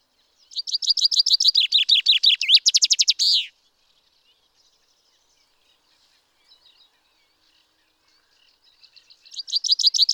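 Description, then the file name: Common chaffinch song: a rapid trill of repeated downslurred notes ending in a flourish, then near silence with faint chips, before a second song begins at the end. "Fringilla coelebs"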